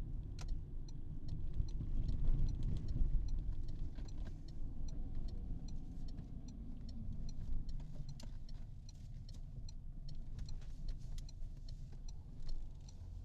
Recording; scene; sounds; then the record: everyday scene through a hearing-aid microphone; in a vehicle; engine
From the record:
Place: Berlingo II, diesel engine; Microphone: in the ear canal, right